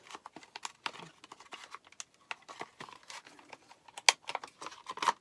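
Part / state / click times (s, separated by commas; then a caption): pistol into duty holster / seated / 4.1 s. A pistol fitted with a red dot optic is pushed into a duty holster, with soft handling and rustling taps throughout. A sharp click at 4.1 s marks it locking in place. The gun still has plenty of wiggle room, and the holster has no real retention.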